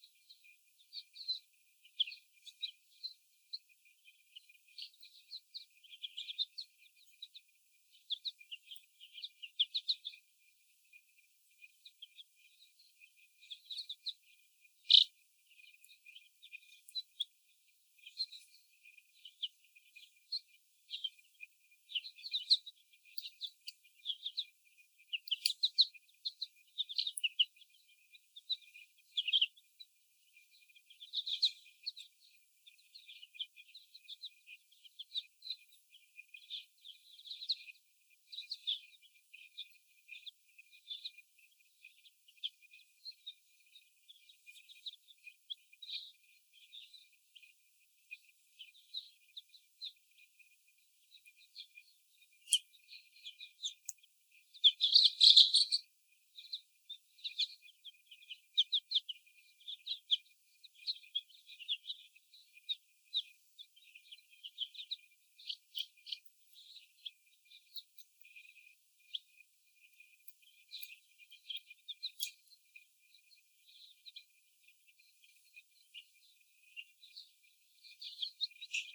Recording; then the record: young laying hens in a cage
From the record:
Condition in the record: before the stressor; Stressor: sudden umbrella opening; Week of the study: 1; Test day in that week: 1